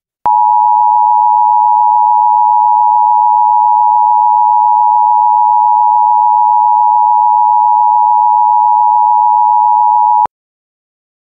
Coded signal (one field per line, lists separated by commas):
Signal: Emergency Alert System (SAME) tones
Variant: 853 and 960 Hz attention tone